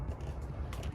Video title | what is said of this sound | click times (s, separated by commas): Turo Rental to Carmax Dream Car: My Corvette C7 Journey & Buyer's Guide | and it kind of snaps in place. | 0.7 s